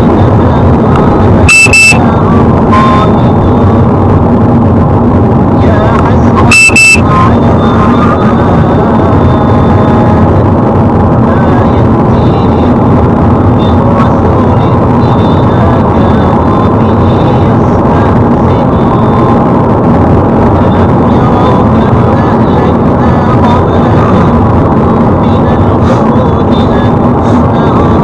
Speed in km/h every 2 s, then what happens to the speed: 97, 95, 95, 97, 97, 99, 99, 104, 105, 105, 106, 98, 97, 98.
0-5 steady at about 95. 5-16 speeds up to 105. 16-28 steady at about 98.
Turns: none.